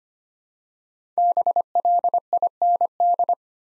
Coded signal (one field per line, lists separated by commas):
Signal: Morse code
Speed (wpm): 25 wpm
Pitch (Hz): 700 Hz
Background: none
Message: BLIND